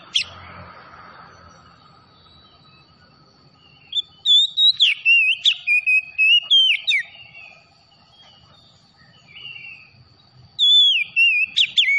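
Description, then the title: Oriental magpie-robin singing loud, varied whistled phrases with sliding notes and sharp trills between four and seven seconds, then again near the end, after a quiet stretch. Tretes variety, singing vigorously (gacor). "Kacer Tretes Gacor"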